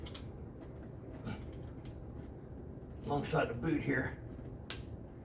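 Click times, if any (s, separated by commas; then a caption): 4.7 s. A screwdriver is worked in alongside the boot of a stuck exhaust riser/manifold part on a Baja Mercruiser 454 marine V8 engine to pry it open while someone talks. A sharp snap is heard at 4.7 s as the stuck part lets loose a little on one side.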